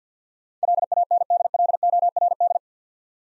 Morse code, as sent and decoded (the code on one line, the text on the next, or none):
.-.. .- -. -.. .-.. --- .-. -..
LANDLORD